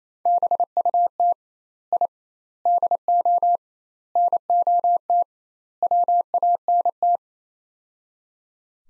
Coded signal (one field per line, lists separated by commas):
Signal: Morse code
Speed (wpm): 28 wpm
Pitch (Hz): 700 Hz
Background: none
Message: BUT I DO NOT WANT